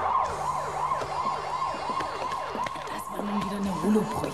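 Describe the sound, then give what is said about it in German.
A police patrol car races past, its siren wailing in quick, repeated rising and falling sweeps, loud and steady, over the low rumble of the passing vehicle, with no voices. “Ein Streifenwagen raste an uns vorbei mit heulender Sirene.”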